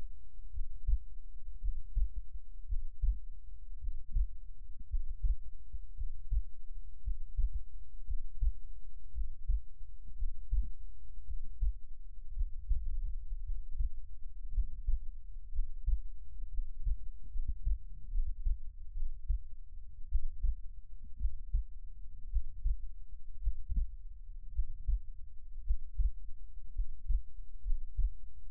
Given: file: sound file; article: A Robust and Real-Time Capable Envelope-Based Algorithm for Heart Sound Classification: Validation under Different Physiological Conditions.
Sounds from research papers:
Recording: heart sounds by electronic stethoscope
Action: rest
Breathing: normal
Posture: lying on right side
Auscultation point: Erb’s point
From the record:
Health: healthy, no known heart disease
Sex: male

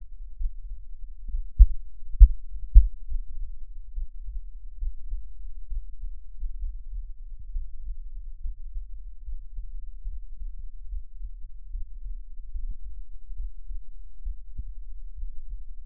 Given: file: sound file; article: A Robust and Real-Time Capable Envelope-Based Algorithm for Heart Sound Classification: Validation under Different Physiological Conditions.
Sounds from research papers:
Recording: heart sounds by electronic stethoscope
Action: rest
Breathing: normal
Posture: sitting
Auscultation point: Erb’s point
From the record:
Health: healthy, no known heart disease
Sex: male

